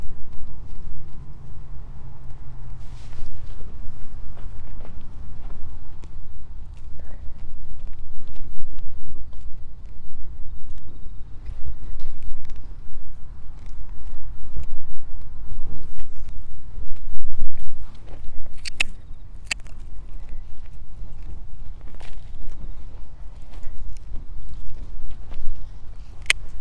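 Hoeing and weeding among carrot rows on a late-summer morning. A steady low rumble runs underneath while irregular scrapes, knocks and footstep-like thuds come every second or so, with a few sharper clicks near 19 and 26 seconds.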